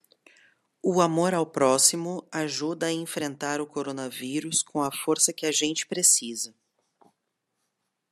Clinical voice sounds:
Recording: spoken sentence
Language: Brazilian Portuguese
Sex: female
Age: 40 to 49 years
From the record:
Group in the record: control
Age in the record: 43 years

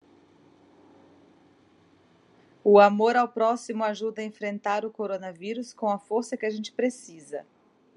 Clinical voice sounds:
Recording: spoken sentence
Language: Brazilian Portuguese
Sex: female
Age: 40 to 49 years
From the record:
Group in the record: control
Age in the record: 41 years

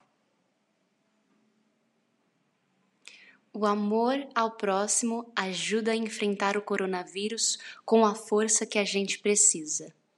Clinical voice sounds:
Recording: spoken sentence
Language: Brazilian Portuguese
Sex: female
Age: 18 to 19 years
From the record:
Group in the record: control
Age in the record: 19 years

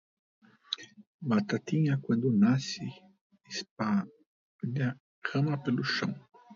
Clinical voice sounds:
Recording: short text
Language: Brazilian Portuguese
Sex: male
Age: 50 to 59 years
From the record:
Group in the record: control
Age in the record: 57 years

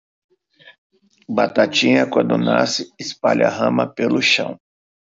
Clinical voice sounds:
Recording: short text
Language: Brazilian Portuguese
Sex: male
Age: 50 to 59 years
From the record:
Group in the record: control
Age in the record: 51 years

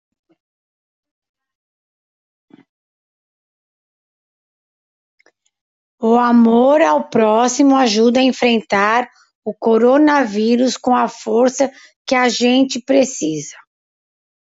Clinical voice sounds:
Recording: spoken sentence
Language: Brazilian Portuguese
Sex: female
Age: 60 to 69 years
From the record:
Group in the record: control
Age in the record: 64 years

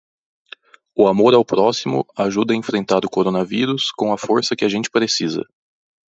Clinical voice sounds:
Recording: spoken sentence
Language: Brazilian Portuguese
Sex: male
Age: 30 to 39 years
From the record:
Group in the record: control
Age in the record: 30 years

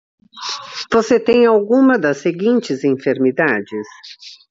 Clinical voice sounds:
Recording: short text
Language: Brazilian Portuguese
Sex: female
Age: 60 to 69 years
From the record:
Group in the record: control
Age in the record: 62 years

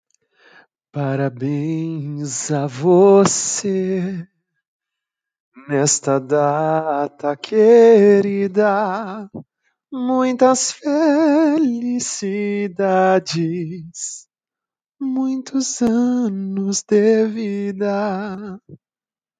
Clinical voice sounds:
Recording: short text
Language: Brazilian Portuguese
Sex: male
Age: 30 to 39 years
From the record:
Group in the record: control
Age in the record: 30 years

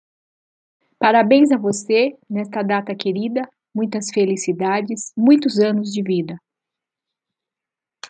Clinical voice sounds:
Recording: short text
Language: Brazilian Portuguese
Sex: female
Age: 50 to 59 years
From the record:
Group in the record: control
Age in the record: 59 years

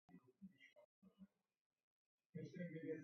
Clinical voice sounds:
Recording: short text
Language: Brazilian Portuguese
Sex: male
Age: 50 to 59 years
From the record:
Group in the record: control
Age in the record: 52 years

